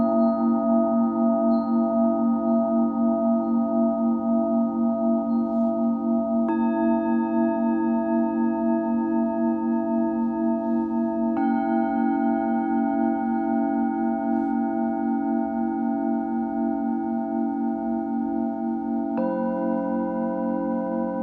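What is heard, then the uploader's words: A Tibetan singing bowl hums with a steady, layered ringing tone and a slow wavering pulse. The pitch shifts at three moments, around 6, 11 and 19 seconds, as new overtones enter and old ones fade. A low rumble sits underneath throughout. Tibetan Singing Bowl. 深夜のメキシコより シンギングボウルの音色をお届けしました。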